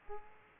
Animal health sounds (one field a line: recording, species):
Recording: mosquito wingbeat signal from an infrared sensor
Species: Aedes aegypti